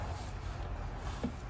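During the rear tail light reinstall on a 2007–2014 GMC Yukon XL Denali after adding LED load resistors, the plastic tail light housing or bulb socket is handled at the rear tail light mount. Only a low, steady background rumble is heard, with a faint soft bump around 1.2 s. Nothing has seated or clicked into place yet.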